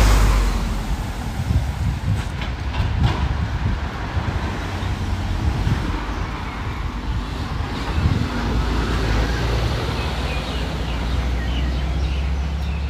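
Street sounds from a walk through Ramat Aviv in Tel Aviv, with a steady low rumble of passing cars and traffic throughout. The level stays fairly even, with brief sharper ticks and clatters around two to three seconds and again near eight seconds.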